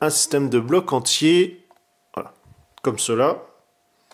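Someone talks while fitting the interchangeable plastic face plate of a Figma 306 Samus Aran action figure into its head, which uses a whole block system rather than a peg. The clip ends just before the face plate goes home, and nothing has seated or locked in yet.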